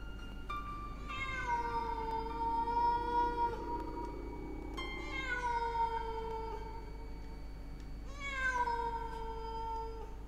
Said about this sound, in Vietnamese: Đâu đó trong đêm, tiếng con mèo đen lại kêu lên đến não lòng.